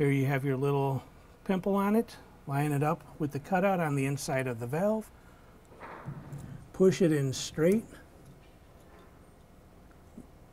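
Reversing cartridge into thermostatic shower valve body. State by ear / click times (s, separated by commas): not seated / none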